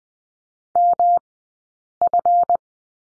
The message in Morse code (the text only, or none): MF